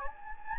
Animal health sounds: mosquito wingbeat signal from an infrared sensor; Anopheles gambiae

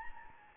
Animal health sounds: mosquito wingbeat signal from an infrared sensor; Anopheles gambiae

